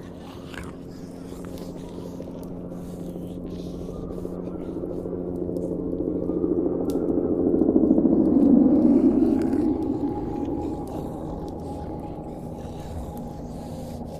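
A low, groaning zombie moan drones on, swelling to a loud, rasping peak around eight seconds before easing back to a steady growl.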